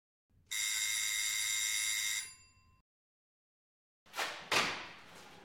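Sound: doorbell ringing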